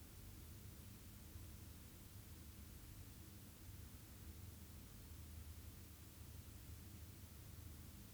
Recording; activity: daily activity, guitar pickup as the sensor; stand